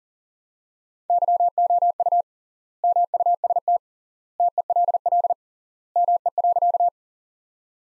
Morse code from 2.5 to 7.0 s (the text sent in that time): MUST TELL ME.